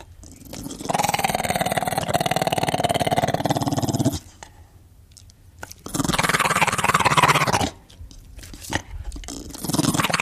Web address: pit bull